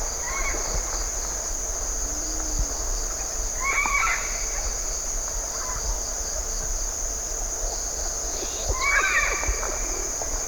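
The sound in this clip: Great-billed parrot calls: harsh, layered squawks, the clearest two about five seconds apart, over a steady high-pitched insect chorus.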